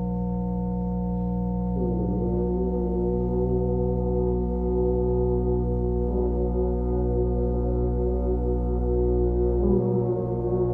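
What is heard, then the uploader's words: Earth horns sound over an electronic drone, a thick, steady, low hum made of stacked sustained tones with nothing above the middle range. Faint wavering swells rise around two seconds and again near six and ten seconds, while the loudness stays level throughout. Earth Horns with Electronic Drone.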